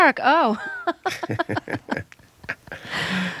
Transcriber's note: laughs